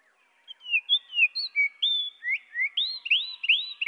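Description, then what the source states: Eurasian wren song, pitched down: a loose series of separate whistled notes, gliding up and down, growing into rising slurred phrases. Pitched down one octave.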